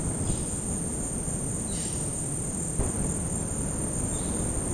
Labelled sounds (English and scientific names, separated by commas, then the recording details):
Violaceous Jay (Cyanocorax violaceus)
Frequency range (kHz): Violaceous Jay (Cyanocorax violaceus) 1.8-6.2 kHz
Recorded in dense forest near Puerto Asís, Putumayo, Colombia, on 19 February 2024 at 13:00
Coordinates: 0.486, -76.316
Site G6437